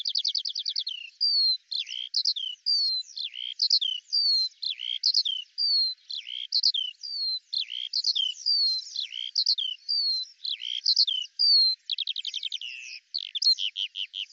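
Eurasian skylark song of rapid high chirps and buzzy trilled phrases in quick succession, with a brief rattle near the end.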